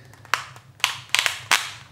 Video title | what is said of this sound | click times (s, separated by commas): KORE ESSENTIALS EDC Gunbelt review | it in and you can hear it click and it clicks right in place | 0.3 s, 0.8 s, 1.1 s, 1.5 s